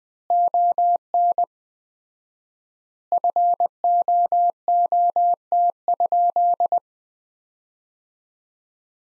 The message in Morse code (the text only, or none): ON FOOT?